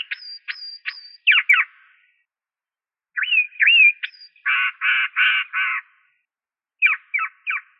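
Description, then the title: Bird song mixing sharp high upslurred whistles, slurred mid notes and a run of four harsh buzzy bursts, separated by brief silences. "LuckyPassaros CompletosSama"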